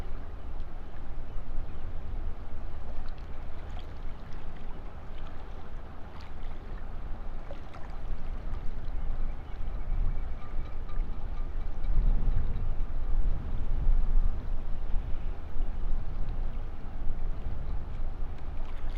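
Tide water rushes and laps steadily against the seawall in a dense low churn, swelling slightly louder from about twelve seconds on.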